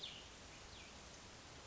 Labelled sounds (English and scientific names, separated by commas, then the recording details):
Cassin's Vireo (Vireo cassinii)
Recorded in Sonoma County, California